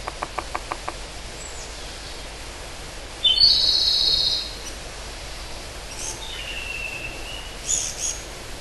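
Pygmy woodpecker making one short, rasping buzz, preceded by a quick series of soft ticking pulses, with constant background hiss and faint bird notes.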